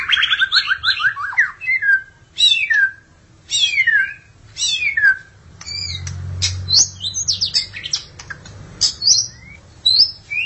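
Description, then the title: Magpie-robin or shama song opening with a quick descending series of whistles, then scattered sharp high notes and slurred phrases, with a low rumble in the background. "Suara Burung Murai"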